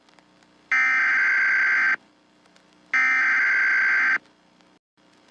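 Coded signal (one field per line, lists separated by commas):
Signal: Emergency Alert System (SAME) tones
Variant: header bursts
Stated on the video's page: Fictional EAS scenario.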